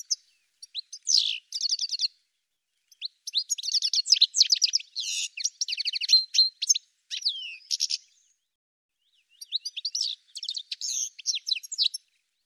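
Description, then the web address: Bird song: rapid high chirps and trilled phrases in bursts, with pauses near two and nine seconds, then a final burst; no other sounds. "cianscape birddata"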